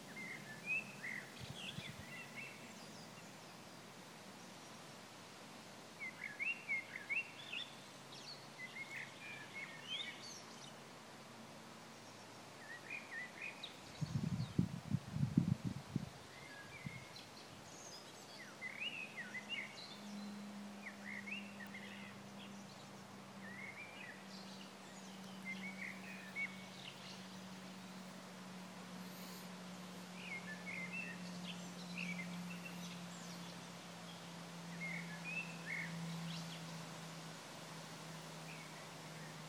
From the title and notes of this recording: Birds at Östersjö brygga by pelles.